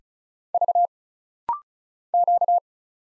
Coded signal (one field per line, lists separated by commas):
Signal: Morse code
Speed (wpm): 36 wpm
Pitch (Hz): 700 Hz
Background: none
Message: V Q